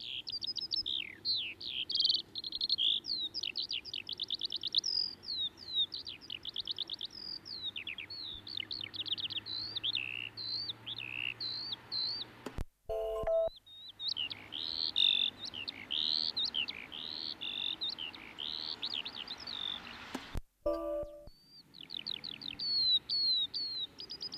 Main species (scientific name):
Alauda arvensis